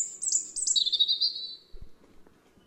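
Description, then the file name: European robin song, a single high thin phrase stepping down from sharp upper notes into a warbling lower trill, fading out after about two seconds. "Erithacus rubecula"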